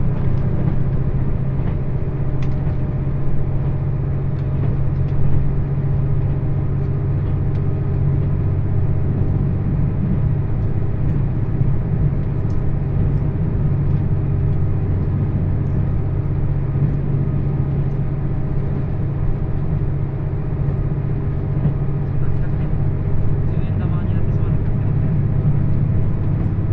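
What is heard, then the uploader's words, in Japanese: A limited express train runs steadily, heard from inside the carriage. A deep, even rumble and low engine hum fill the whole 27 seconds without change, with small faint clicks and ticks from the wheels and fittings scattered throughout. 高徳線 徳島→三本松 特急うずしお24号。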